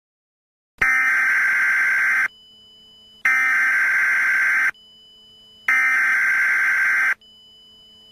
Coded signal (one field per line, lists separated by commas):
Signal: Emergency Alert System (SAME) tones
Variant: header bursts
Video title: Lucifer’s Rising: An EAS Scenario